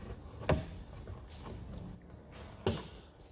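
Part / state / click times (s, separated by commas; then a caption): rear tail lamp ball fittings in car body sockets / released / 0.5 s, 2.7 s. The outer rear tail lamp assembly of a 2013–2019 SEAT Leon Mk3 is pulled away from the car body so that its ball fittings pop out of their sockets in the body. Two sharp pops are heard, at 0.5 s and 2.7 s, over a low background rumble, and the lamp comes free.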